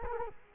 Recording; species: mosquito wingbeat signal from an infrared sensor; Culex quinquefasciatus